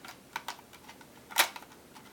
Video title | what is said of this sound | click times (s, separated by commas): DSCN0153 | want to give it a little push and it locks into | 1.4 s